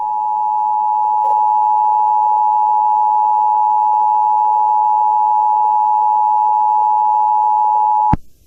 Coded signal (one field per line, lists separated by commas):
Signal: Emergency Alert System (SAME) tones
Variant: 853 and 960 Hz attention tone